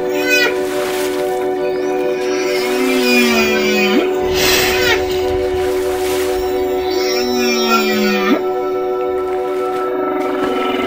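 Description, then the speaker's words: Humpback whale song: long, low moaning calls that slide downward, then jump up sharply, repeated twice, over steady tones. Humpback whale song recorded in Bahías de Huatulco. "se escucha el canto de una ballena jorobada en Bahías de Huatulco."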